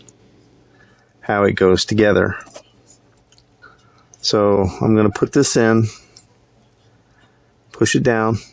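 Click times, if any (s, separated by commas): none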